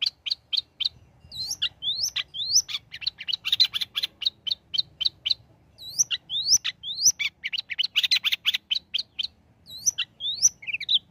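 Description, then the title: Long-tailed shrike song: quick chirps mixed with upward-slurred whistles and dense chattering bursts, delivered in a lively, varied stream. Prolific singer (gacor) presented as masteran material for training songbirds to learn its song. "Cendet Gacor Cocok Untuk Masteran"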